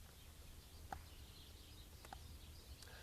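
A spark plug wire's metal female contact is pushed onto the male terminal of a distributor cap socket over a steady low background hum. It gives a double click: a sharp click at 0.9 s as the contacts touch, and a second at 2.1 s as the spring-loaded contact expands into the socket. The wire is confirmed seated.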